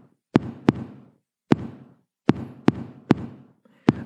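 Imitated adult heartbeats, about 100 a minute, with randomly varying gaps: the disordered, irregularly irregular rhythm of ordinary atrial fibrillation.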